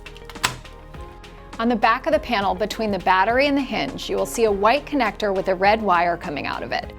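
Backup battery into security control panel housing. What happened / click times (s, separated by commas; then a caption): The battery snapped into its plastic clips / 0.4 s. A replacement backup battery is pushed toward the back of a Frontpoint alarm control panel and down until the panel's white plastic clips snap it into place. A sharp click is heard at 0.5 s, following a few faint taps. After that, someone talks over quiet background music.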